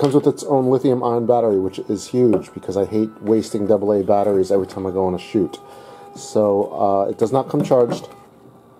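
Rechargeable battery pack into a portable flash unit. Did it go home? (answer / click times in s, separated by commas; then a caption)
no / none. Someone talks throughout while handling a rechargeable lithium battery pack for a Godox AD200 pocket flash, a portable flash unit, with faint handling noise under the voice. The clip ends before the pack is pushed home, so nothing has seated or clicked yet.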